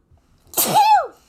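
A single sudden adult sneeze: a sharp burst of air followed by a brief voiced rising-and-falling 'choo'.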